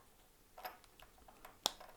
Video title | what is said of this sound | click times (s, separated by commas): How to replace the CR 2016 battery in a 2015 Toyota AYGO Remote Key Fob | into place and then snap there that's it done | 1.7 s